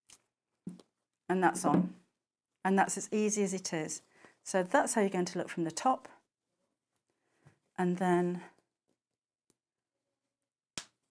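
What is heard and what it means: Two halves of a plastic snap fastener (popper) on fabric are pressed together until they snap shut, and the fastener is nice and strong. Someone talks for most of the clip, then after a quiet pause a sharp click is heard at 10.8 s as the fastener snaps closed.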